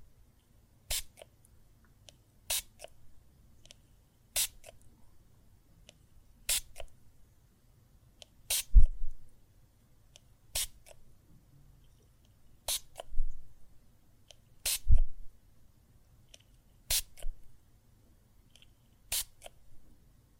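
Water and soap foam with sharp, crisp clicks or pops that come at a steady pace, about every two seconds. Between them a low, soft squishing murmur rises and fades, swelling a little around some of the pops.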